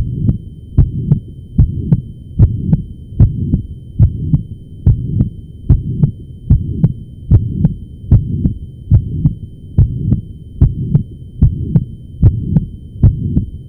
Holosystolic Blowing Crescendo.